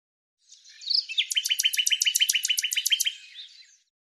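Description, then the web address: Bird song: one high phrase of many quick, evenly repeated chirping notes lasting about three seconds, with no other sounds. "Deverinetal 2025"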